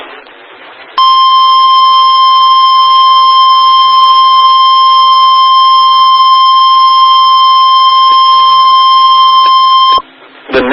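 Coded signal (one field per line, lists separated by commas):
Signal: Emergency Alert System (SAME) tones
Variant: 1050 Hz attention tone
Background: speech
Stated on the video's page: Received from a NOAA weather radio transmitter in Texarkana, Texas.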